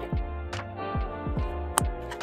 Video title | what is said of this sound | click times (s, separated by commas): New Product!!! DMAXSTORE Billet Fuel Cap! (01-23) GM/GMC Duramax Diesels | that's the click | 1.8 s